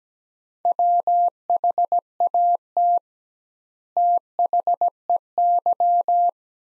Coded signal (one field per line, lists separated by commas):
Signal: Morse code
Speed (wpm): 17 wpm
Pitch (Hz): 700 Hz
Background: none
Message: WHAT THEY